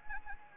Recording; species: mosquito wingbeat signal from an infrared sensor; Anopheles gambiae